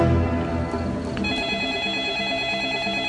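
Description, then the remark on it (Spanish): A telephone rings with a bright, steady electronic tone that holds throughout, layered over a dense, constant background hum at even loudness. No one speaks. “Fue el sonido del teléfono el que alteró la energía de aquel momento.”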